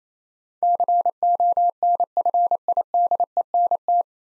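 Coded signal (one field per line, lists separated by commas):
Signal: Morse code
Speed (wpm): 29 wpm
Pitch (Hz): 700 Hz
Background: none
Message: CONFIDENT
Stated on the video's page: Morse practice drill of 9-letter words at 28 wpm for head-copy, each word sent twice.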